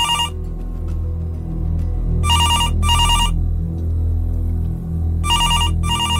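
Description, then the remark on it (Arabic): A reception desk telephone rings with a call from room 110, in bright, high double bursts, each pair separated by a few seconds of pause, over a steady low background hum with no one speaking. “يعني ساعة بعد ما يعني ما خرجت و لقيت التليفون بتاع الاستقبال بيرن، مش عارف ليه.”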